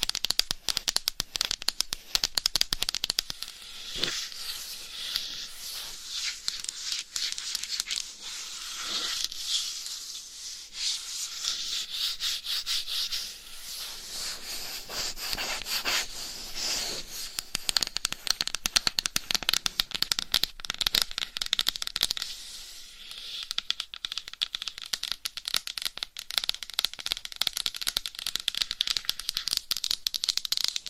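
Microphones being scratched and rubbed, a dense run of rough, bright scraping strokes that crowds the whole half minute. The texture shifts in intensity, with a few softer, thinner patches around 8, 14 and 23 seconds before the sharp crackle returns.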